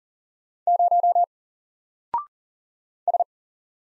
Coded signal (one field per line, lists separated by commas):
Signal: Morse code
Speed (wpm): 40 wpm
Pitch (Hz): 700 Hz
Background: none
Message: 0 S